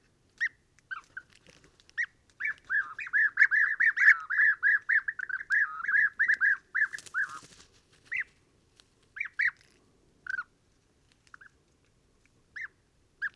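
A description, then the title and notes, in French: European bee-eaters call at a roost, giving short rolling, liquid notes. Between about three and seven seconds the calls crowd into a dense, rapid run of overlapping trills, then thin out to scattered single calls, with a brief rustling burst near seven seconds. Dortoir de Guêpier d'Europe - Mauritanie. Les Guêpiers d'Europe (Merops apiaster) commencent une prè-migration et se rassemblent le soir pour dormir, ici, dans un très grand acacia.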